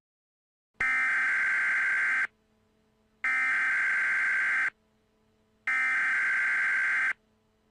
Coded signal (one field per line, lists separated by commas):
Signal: Emergency Alert System (SAME) tones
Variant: header bursts